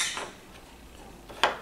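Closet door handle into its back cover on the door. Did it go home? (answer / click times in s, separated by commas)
yes / 1.4 s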